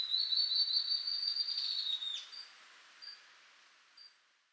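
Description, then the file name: Ocellated Antbird singing a high, steady whistled series that ends with a sharp downward slur, followed by two faint short notes. Subspecies mcleannani. "Ocellated Antbird Phaenostictus mcleannani mcleannani"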